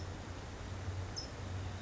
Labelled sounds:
California Towhee

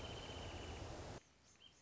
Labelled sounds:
Wrentit

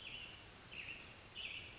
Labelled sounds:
American Robin

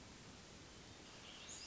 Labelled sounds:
Hermit Thrush

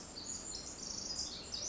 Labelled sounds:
Pacific Wren

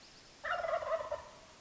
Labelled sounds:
Wild Turkey

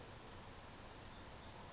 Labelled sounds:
California Towhee

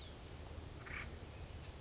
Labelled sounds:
Acorn Woodpecker

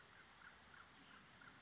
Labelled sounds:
Common Raven

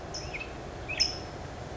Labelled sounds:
California Towhee

